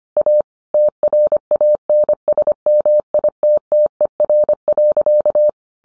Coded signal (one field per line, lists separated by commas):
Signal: Morse code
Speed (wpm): 25 wpm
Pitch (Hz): 600 Hz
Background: none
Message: A TRANSMITTER.